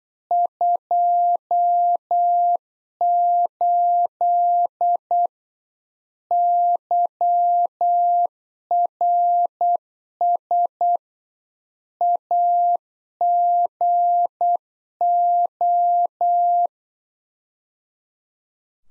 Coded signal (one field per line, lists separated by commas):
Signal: Morse code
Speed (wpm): 8 wpm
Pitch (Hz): 700 Hz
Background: none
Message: 28 YRS AGO